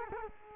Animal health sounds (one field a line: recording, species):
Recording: mosquito wingbeat signal from an infrared sensor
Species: Culex quinquefasciatus